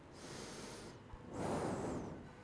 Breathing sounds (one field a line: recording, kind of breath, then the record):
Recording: one breath in and out by a microphone near the nose and mouth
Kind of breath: normal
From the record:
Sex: male